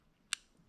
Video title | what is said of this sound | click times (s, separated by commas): 914 LS3 - Episode 11: Door Bar Trim & Wipers | the click and it is locked right in there | 0.3 s